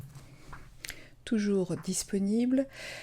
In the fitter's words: Il suffit de le positionner sur le clavier puis de pousser à fond jusqu'à ce qu'on entende le son d'enclenchement.